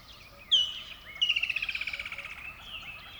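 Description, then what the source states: Bird song: a loud, sharp slurred note, then a rapid trill of many notes that falls slightly and fades, with faint chirps in the background. Recorded at dawn by a river bed.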